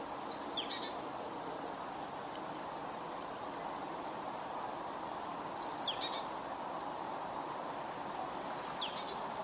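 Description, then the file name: Marsh tit calls: three faint bursts of sharp high notes dropping into short descending sounds, spaced several seconds apart, under heavy steady rushing noise. "Poecile palustris"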